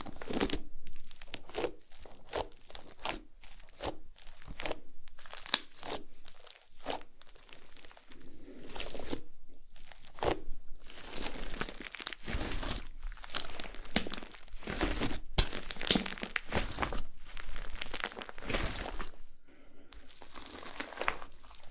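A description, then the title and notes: Slime being squeezed and worked, with dense crackling, crinkling and squishing sounds that come in quick bursts throughout. The noises are bright and crisp, broken by short pauses early on, then growing busier and louder after about eleven seconds. ASMR SLIME SATISFYING - NO TALKING.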